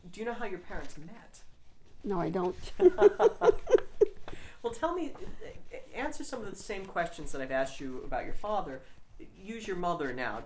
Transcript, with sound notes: Do you know how your parents met?
No, I don't. (laughing)
Well, tell me, answer some of the same questions that I've asked you about your father, use your mother now.